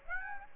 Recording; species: mosquito wingbeat signal from an infrared sensor; Aedes aegypti